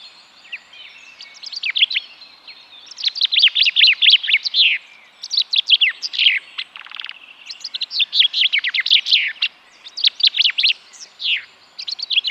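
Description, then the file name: Common chaffinch song: several fast trilled phrases repeated with only short pauses. "Fringilla coelebs"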